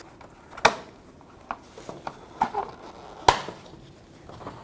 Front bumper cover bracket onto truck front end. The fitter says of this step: It should just kind of snap into place here.